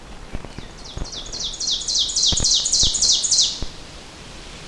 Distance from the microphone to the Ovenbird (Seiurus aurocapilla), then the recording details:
about 10 m. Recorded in boreal forest in Alberta, Canada, on 4 June 2016 at 08:21. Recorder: SongMeter 3, array SBT-3-51. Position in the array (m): 261 m, 118 m. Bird 28